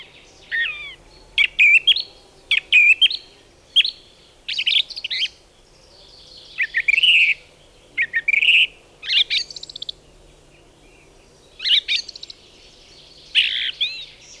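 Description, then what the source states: Song Thrush song, loud and varied: short whistled and scratchy motifs delivered in distinct bursts, some repeated, separated by brief pauses. Loudest song in a spruce forest; calmly repeats each motif several times, borrows many motifs from other birds; less fluty than blackbird or mistle thrush; folk names link its song to spring's arrival.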